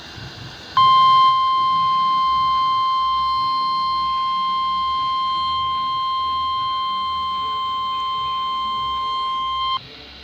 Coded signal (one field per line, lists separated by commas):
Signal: Emergency Alert System (SAME) tones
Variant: 1050 Hz attention tone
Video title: KXI42 Required Weekly Test. 1/21/26 EAS #533